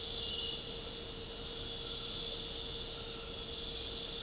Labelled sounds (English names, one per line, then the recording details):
none
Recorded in dense forest near Puerto Asís, Putumayo, Colombia, on 9 March 2025 at 23:00
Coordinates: 0.467, -76.328
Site G041